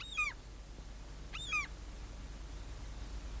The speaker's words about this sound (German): Ich habe sie noch nie in solchen Schwärmen gesehen. Das sind doch wohl Möwen, nicht? Ganz offenbar, meine Liebe, gewöhnliche Möwen.